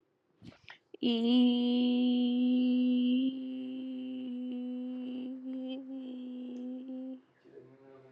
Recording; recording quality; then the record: sustained vowel as in beet; excellent, no background noise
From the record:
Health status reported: COVID-19 positive, mild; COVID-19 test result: positive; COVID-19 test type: RT-PCR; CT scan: not taken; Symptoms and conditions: cough, cold, fever, fatigue, muscle pain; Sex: female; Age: 26 years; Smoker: no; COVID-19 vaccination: both doses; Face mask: not worn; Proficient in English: yes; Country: India